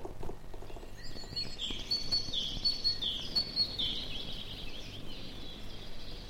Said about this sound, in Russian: В лесу запели чижи, синицы и корольки.